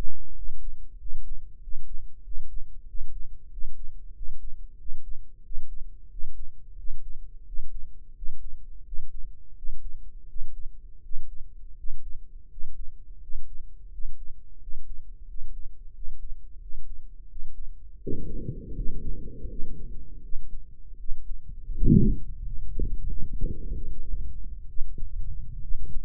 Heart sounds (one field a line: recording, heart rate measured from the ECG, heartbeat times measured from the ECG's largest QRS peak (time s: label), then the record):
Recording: heart sounds by microphone in the right ear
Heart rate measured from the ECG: 85 bpm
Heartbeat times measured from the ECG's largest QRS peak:
0.32 s: heartbeat
0.96 s: heartbeat
1.58 s: heartbeat
2.21 s: heartbeat
2.84 s: heartbeat
3.48 s: heartbeat
4.12 s: heartbeat
4.76 s: heartbeat
5.41 s: heartbeat
6.08 s: heartbeat
6.75 s: heartbeat
7.44 s: heartbeat
8.13 s: heartbeat
8.83 s: heartbeat
9.54 s: heartbeat
10.26 s: heartbeat
11.01 s: heartbeat
11.75 s: heartbeat
12.48 s: heartbeat
13.19 s: heartbeat
13.89 s: heartbeat
14.58 s: heartbeat
15.25 s: heartbeat
15.92 s: heartbeat
16.59 s: heartbeat
17.27 s: heartbeat
17.98 s: heartbeat
18.73 s: heartbeat
19.47 s: heartbeat
20.20 s: heartbeat
20.96 s: heartbeat
21.72 s: heartbeat
22.41 s: heartbeat
23.07 s: heartbeat
23.72 s: heartbeat
24.67 s: heartbeat
25.60 s: heartbeat
From the record:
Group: healthy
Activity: breath hold 0-16 s, rest 16-26 s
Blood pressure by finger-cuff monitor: 104/73 mmHg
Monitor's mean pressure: 80 mmHg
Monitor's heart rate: 87 bpm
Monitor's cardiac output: 5.9 L/min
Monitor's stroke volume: 67 mL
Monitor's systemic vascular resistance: 980 dyn s/cm5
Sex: male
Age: 21 years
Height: 170 cm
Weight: 71 kg